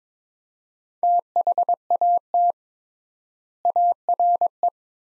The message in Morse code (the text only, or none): THAT ARE